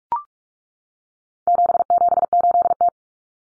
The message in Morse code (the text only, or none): 778T